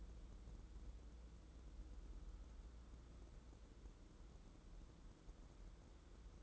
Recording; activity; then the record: daily activity, microphone in the room; wipe stove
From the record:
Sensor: 3